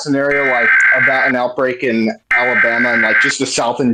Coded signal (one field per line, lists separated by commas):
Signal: Emergency Alert System (SAME) tones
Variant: header bursts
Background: speech